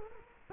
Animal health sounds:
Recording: mosquito wingbeat signal from an infrared sensor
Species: Culex quinquefasciatus

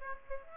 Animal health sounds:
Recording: mosquito wingbeat signal from an infrared sensor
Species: Aedes aegypti

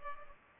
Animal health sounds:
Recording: mosquito wingbeat signal from an infrared sensor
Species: Culex pipiens

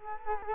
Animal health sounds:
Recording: mosquito wingbeat signal from an infrared sensor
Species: Culex quinquefasciatus

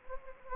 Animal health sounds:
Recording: mosquito wingbeat signal from an infrared sensor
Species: Anopheles gambiae

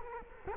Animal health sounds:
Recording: mosquito wingbeat signal from an infrared sensor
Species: Culex quinquefasciatus

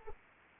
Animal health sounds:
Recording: mosquito wingbeat signal from an infrared sensor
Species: Anopheles arabiensis

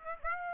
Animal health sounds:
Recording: mosquito wingbeat signal from an infrared sensor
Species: Aedes aegypti

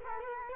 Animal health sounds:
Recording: mosquito wingbeat signal from an infrared sensor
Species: Culex quinquefasciatus

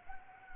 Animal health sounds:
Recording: mosquito wingbeat signal from an infrared sensor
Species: Anopheles gambiae

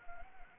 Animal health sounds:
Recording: mosquito wingbeat signal from an infrared sensor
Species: Anopheles arabiensis

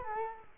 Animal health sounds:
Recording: mosquito wingbeat signal from an infrared sensor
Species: Culex quinquefasciatus

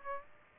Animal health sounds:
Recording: mosquito wingbeat signal from an infrared sensor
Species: Aedes aegypti

